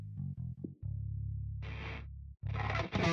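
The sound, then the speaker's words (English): A distorted electric guitar plays a few short choppy notes, then holds a loud buzzing low chord broken by bursts of harsh, noisy crunch. No one speaks. “Please, minimal distortion, please. Especially with two or three guitar players.”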